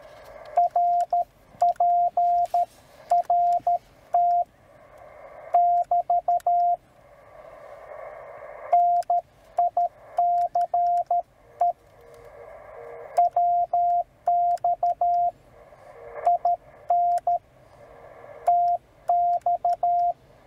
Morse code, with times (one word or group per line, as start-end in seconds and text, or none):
0.6-4.4 RPRT
5.5-6.7 <BT>
8.7-11.7 NICE
13.2-15.3 WX
16.3-17.4 IN
18.5-20.1 TX